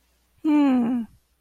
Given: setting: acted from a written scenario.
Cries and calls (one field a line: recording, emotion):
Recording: vocal sound without words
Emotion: neutral